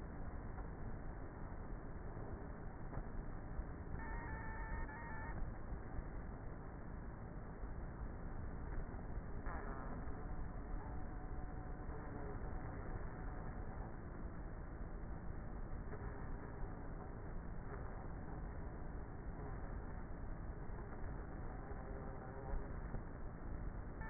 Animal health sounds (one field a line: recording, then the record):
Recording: honeybee colony, microphone inside the hive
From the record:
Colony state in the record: queenless with a low population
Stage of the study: before two queens were removed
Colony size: about 30,000 bees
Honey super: no